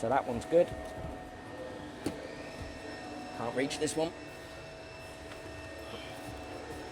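A rear seat back in a Mk8/8.5 Fiesta ST is handled near its latch and body-mounted locking bracket after a carbon fibre rear cross brace has been fitted, to check that it still locks. Someone talks over a steady background hum, with a brief tap near 2.1 seconds. Nothing has seated or clicked yet.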